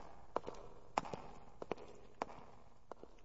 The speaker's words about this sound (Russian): «Однако, черт!» — закричал Кох и в нетерпении, бросив свой караул, отправился тоже вниз, стуча по лестнице сапогами.